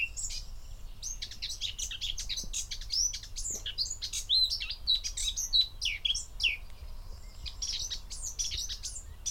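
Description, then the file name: Eurasian blackcap song: a continuous, busy warble mixing harsh chatter with clear whistled notes, rising and falling rapidly throughout. "Sylvia atricapilla"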